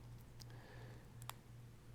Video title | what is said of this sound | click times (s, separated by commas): Assembling Miniatures from Gundam Assemble Miniatures Game -- Tinker Tailor Solder Fry (Sept 2025) | Ah, and it kind of snapped in place back there. | 1.2 s, 1.3 s